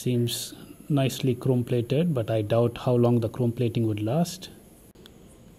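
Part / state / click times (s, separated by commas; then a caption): telescoping pipe section locking in its sleeve / seated / 5.1 s. A chrome-plated metal telescoping pipe on an Amazonbasics 700W bagless cylinder vacuum cleaner with a HEPA filter is extended or collapsed while someone talks. The pipe section locks into position in its sleeve with a short, sharp click at 5.1 s, after the talking ends.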